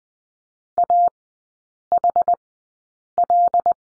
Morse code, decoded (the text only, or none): AHL